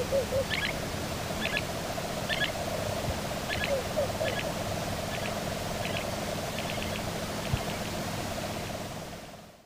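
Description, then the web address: Pied lapwing giving short, clipped mid-high notes in quick doublets and triplets, repeated steadily throughout, over loud hiss and a low steady hum. Flight calls, recorded in the eastern lowlands of South America. "Natures Songs S America Eastern Lowlands Hoploxypterus cayanus, flight calls"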